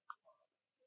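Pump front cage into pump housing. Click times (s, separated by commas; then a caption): 0.1 s. The front cage of a PondMAX EV pond pump is twisted onto the pump housing until it locks, giving one short, quiet click at 0.1 s. Softer scraping and rubbing follow around 0.3 to 0.4 s and again near 0.8 s. The cage is seated and locked in place.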